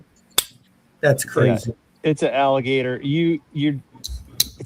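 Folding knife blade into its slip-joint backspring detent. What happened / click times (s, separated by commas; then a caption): A folding blade snaps firmly into its detent / 0.4 s. A slip-joint folding knife blade, steel against its backspring, is flicked and snaps loudly into its detent at 0.4 s, seating the blade in place. Someone then talks, and two more sharp clicks follow near 4.1 and 4.4 s.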